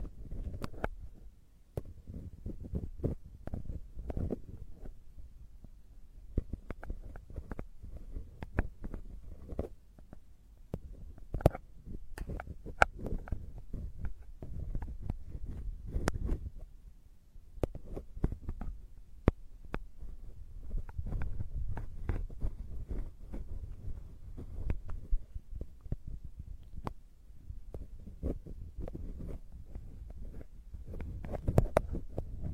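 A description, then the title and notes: Ear-picking inside a simulated ear canal gives a steady muffled low rumble, broken by frequent sharp scratchy clicks and brief brighter scrapes throughout. Ear canal simulation, ultra-deep penetrating ear picking, delicate and comfortable.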